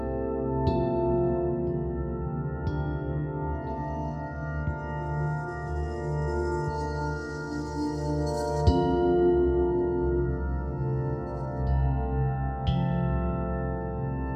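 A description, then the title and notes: Layered sustained tones, 528 Hz with 111 Hz, hum steadily under ringing, bowl-like strikes. New struck notes land around 1, 3, 9 and 13 seconds, and a bright shimmer builds from about 5 to 9 seconds before fading. The low drone stays thick and constant. 528 Hz +111 Hz.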